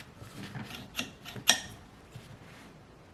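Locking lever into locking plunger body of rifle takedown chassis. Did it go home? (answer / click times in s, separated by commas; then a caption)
yes / 1.5 s. With the locking plunger held down, the locking lever is pushed back into the aluminum locking plunger body of a BadAce 10/22 TakeDown Precision Chassis. Soft rubbing and scraping lead to a sharp tap at 1.0 s and a louder, bright click at 1.5 s as the lever seats into place, followed by a faint tap near 2.2 s.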